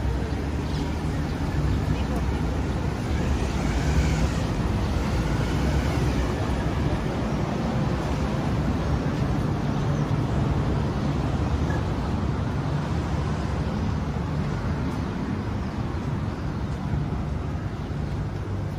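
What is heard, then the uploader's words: A street walk in Tel Aviv with a steady, dense wash of traffic rumbling low throughout, the loudness barely changing over the nineteen seconds. Voices murmur faintly in the mix, and a brighter engine swell rises briefly around the four-second mark. Street Sounds. Walking In Tel Aviv, Israel.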